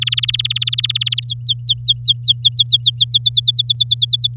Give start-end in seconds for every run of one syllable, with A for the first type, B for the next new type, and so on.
0.01-1.20 A, 1.23-3.04 B, 3.08-4.34 C